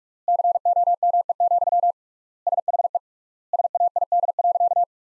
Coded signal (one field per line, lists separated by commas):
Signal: Morse code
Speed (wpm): 42 wpm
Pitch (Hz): 700 Hz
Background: none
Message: COME, SHE SAID.